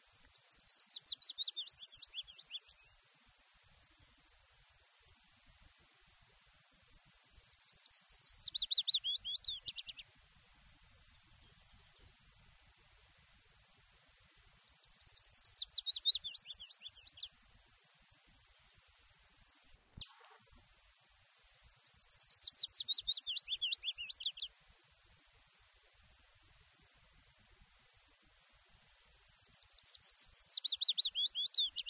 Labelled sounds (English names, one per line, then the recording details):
Willow Warbler song
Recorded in the wild
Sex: male
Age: adult
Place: Erlangen, Bayern, DE
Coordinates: 49.6103, 10.9897
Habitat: heath
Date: 1967-05-10
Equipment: Vollspur, Original
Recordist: Tretzel, Erwin
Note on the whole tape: Wasserwerk-West (Heideland - Ödfläche): Fitis: 20 Strophen - mehrmals eingeschaltet